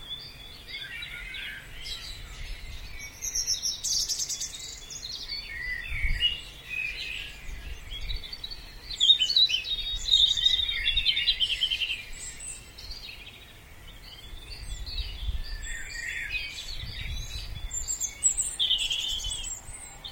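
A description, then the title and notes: A dawn chorus of blackbirds, robins, dunnocks and great tits fills the whole stretch with overlapping chirps, trills and whistled phrases, dense and continuous with brief lulls. A low rumble murmurs underneath, swelling around six and seventeen seconds. Extended recording of the dawn chorus from a Wiltshire village. Deep in a Wiltshire vale, the comforting tang of woodsmoke hangs over a slumbering village. It's 5am and still dark but a magical chorus of blackbirds, robins, dunnocks and great tits greets the coming dawn. Recorded by Tanya Jackson.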